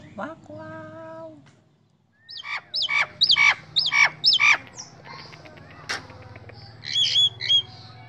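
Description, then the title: Nias hill myna giving a drawn-out nasal note, then a string of loud, sharp calls and a few more whistles over a low background hum. Loud, very vocal singing bird, recorded as a master model for training other songbirds (masteran). "Burung Jalak Nias Gacor Suara Super Gledek Untuk Masteran"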